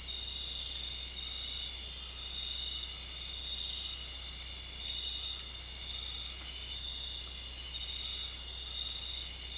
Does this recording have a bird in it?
no